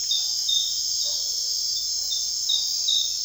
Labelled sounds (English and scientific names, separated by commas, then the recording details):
none
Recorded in secondary vegetation near Puerto Asís, Putumayo, Colombia, on 22 June 2025 at 00:00
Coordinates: 0.498, -76.327
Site GP09